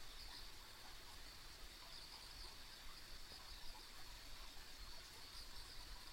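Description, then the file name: Insects keep up a thin, high continuous trill over low rumbling outdoor noise. Ambient insect sounds recorded on a country road. "田舎道の虫の環境音"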